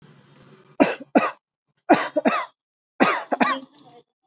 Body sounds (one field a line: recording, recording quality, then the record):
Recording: heavy voluntary cough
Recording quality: excellent, no background noise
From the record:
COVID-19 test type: RT-PCR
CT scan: not taken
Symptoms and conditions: none ticked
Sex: male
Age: 22 years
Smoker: no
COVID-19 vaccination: both doses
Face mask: worn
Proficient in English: yes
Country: India